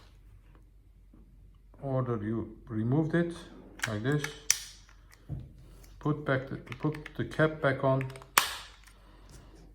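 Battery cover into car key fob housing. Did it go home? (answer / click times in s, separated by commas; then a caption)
yes / 8.4 s. A plastic battery cover is pressed back onto a Renault car key fob after the coin cell is replaced, with someone talking throughout. It snaps shut with a sharp click at 8.4 s, and the cover is seated.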